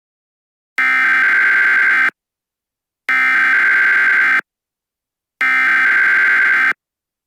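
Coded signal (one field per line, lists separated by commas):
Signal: Emergency Alert System (SAME) tones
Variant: header bursts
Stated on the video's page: Fictional EAS scenario.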